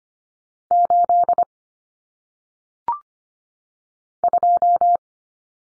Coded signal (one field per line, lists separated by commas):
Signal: Morse code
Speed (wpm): 25 wpm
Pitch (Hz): 700 Hz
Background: none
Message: 8 2